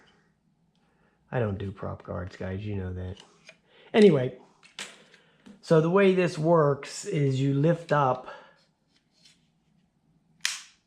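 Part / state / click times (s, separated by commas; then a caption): folding arm into its lock on a toy quadcopter body / seated / 10.5 s. A folding plastic arm on a JJRC H51 Rocket 360 toy quadcopter body is lifted up into its open position while someone talks. One sharp, loud click is heard at 10.4 s as the arm snaps into its lock and is seated.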